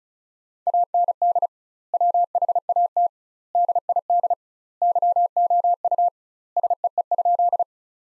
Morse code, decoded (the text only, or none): AND WHAT DID YOU SEE?